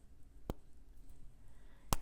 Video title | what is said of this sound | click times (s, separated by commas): Urban Sketching Favorites Full Review: Strathmore Sketchbook, Sailor Fude Fountain Pens & Fineliners | is a kind of a finicky little cap, but listen, if you do have one of these, push it in all the way until you hear that satisfying little click. Let me do it for you up on the mic. | 1.9 s